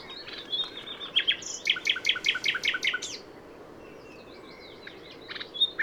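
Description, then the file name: Common nightingale song with a quick string of sharp, evenly spaced notes in the middle, framed by softer whistled and warbled fragments. "Luscinia megarhynchos"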